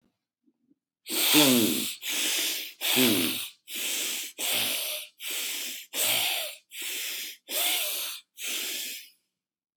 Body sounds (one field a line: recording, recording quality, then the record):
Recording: deep breathing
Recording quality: excellent, no background noise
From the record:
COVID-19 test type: RT-PCR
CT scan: not taken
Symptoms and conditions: cough, cold, breathing difficulty, sore throat, loss of smell and taste, asthma, hypertension, diabetes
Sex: male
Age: 23 years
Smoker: no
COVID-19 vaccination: both doses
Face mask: not worn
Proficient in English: yes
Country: India